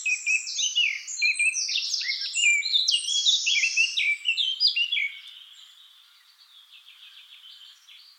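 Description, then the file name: Eurasian blackcap singing a loud, fast, jumbled warble for about five seconds, then trailing into quieter, softer twittering. "Sylvia atricapilla"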